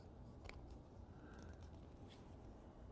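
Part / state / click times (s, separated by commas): accessory (likely camera or phone) onto its handlebar mount / not seated / none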